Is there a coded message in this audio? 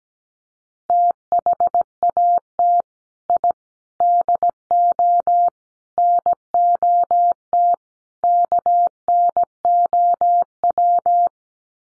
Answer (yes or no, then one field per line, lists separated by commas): yes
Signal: Morse code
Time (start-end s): 0.9-11.3 s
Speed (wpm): 17 wpm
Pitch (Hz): 700 Hz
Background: none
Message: THAT I DO NOT KNOW